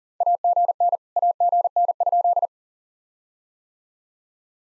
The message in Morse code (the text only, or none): AGN AGN?